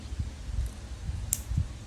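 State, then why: Seated. After the spring is trimmed so the P365 pistol magazine holds 12 rounds instead of 11, the base plate is slid back onto the magazine body with faint low handling bumps. A sharp click at 1.3 s marks the base plate locking back on as before.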